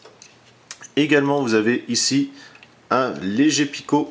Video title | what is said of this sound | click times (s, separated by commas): Review FR - Transformers - FansProject TFX-01B Shadow Commander | on va juste de venir poser qu'est ce qu'en fait vous avez le petit clic ici qui est à venir se verrouiller la également | 0.7 s